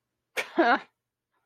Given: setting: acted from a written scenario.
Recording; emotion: vocal sound without words; contempt